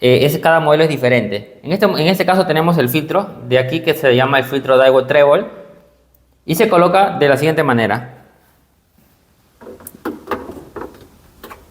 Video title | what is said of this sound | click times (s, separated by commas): FILTRO ATRAPAPELUSA LAVADORA DAEWOO MODELO TREBOL | esto de aquí entra a presión y se va a escuchar un clic. Y listo, ya tenemos nuestro filtro instalado | 10.3 s